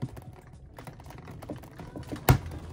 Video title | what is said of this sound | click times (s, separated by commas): cXc G.I. Joe Classified Series #111 Cobra H.I.S.S. TECHNO-VIPER & H.M.S. (HEATSEEK Missile System) | it'll snap into place like that, and | 2.3 s